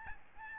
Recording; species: mosquito wingbeat signal from an infrared sensor; Aedes albopictus